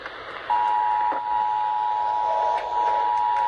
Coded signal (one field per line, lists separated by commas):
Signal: Emergency Alert System (SAME) tones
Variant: 853 and 960 Hz attention tone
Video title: DOUBLE SVR ANOTHER SEVERELY TIMES... EAS Alerts from 8/18/25 (EAS#4,548 - 4,576)